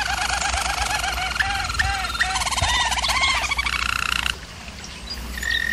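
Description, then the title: German Roller canary song with rolling trills and bubbling looped notes, then a softer passage and a short whistled note at the close; low background hum. Canary training recording of German Roller canary song. "German Roller Canary Singing - Canary Training"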